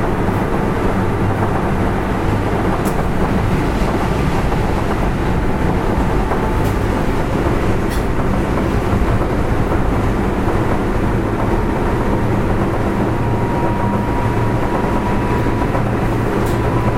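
A 7000 series electric train runs steadily, its low rumble and rattle holding constant throughout with no change in speed. A thin whine rises and holds near the middle-upper range after eleven seconds, and a few brief bright clicks land around three, eight and sixteen seconds.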